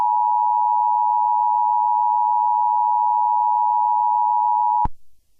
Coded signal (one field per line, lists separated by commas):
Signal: Emergency Alert System (SAME) tones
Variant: 853 and 960 Hz attention tone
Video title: EAS Scenario #98: No Way Out